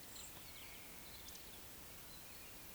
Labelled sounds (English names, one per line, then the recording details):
Eurasian Woodcock whistle
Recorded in Baden-Württemberg, Germany, on 31 May 2021 at 19:41 UTC
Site 24606, 635 m above sea level